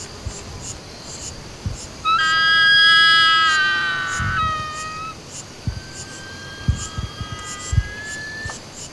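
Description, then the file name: Chaco eagle giving a loud, harmonic whistled call of about two seconds, followed by fainter drawn-out whistles, over steady rhythmic insect ticking. "Canto-do-Águia-Cinzenta"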